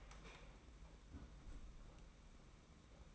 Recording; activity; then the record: daily activity, microphone in the room; close fridge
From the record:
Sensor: 1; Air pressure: 991.8 hPa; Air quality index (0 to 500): 205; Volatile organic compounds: 1000 ppm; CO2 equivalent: 7926 ppm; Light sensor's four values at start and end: 29/101/38/39 and 29/101/38/39